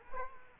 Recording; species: mosquito wingbeat signal from an infrared sensor; Culex quinquefasciatus